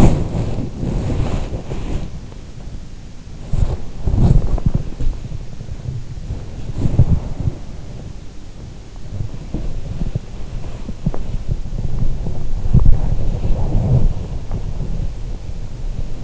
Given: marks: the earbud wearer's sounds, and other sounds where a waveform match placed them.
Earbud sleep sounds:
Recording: sounds in sleep by an in-ear microphone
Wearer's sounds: body movement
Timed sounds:
0.00-16.24 s: body movement

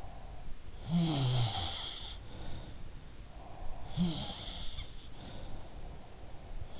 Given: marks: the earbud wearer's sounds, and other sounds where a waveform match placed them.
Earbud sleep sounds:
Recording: sounds in sleep by an in-ear microphone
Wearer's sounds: breath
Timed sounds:
0.00-0.49 s: sound from someone else or the room
0.75-2.95 s: sound from someone else or the room
3.23-6.79 s: breath
3.40-5.96 s: sound from someone else or the room

